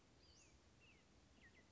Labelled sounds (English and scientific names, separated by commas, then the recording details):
Western Flycatcher (Empidonax difficilis)
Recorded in Sonoma County, California